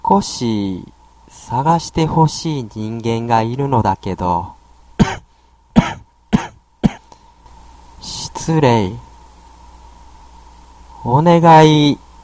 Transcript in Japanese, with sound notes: 少し探して欲しい人間がいるのだけど （咳き込む） 失礼。お願い